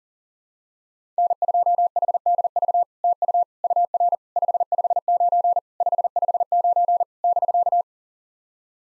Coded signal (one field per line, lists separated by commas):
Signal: Morse code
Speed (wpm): 40 wpm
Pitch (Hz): 700 Hz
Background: none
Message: N2HDV TU UR 559 559 <BK>